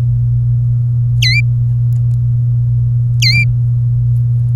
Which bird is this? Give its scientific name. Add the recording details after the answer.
Serinus canaria. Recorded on 24 April 2018 at 08:04. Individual llb3